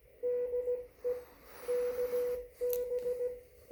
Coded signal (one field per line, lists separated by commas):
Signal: Morse code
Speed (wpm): 16 wpm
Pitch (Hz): 490 Hz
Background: none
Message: DE KB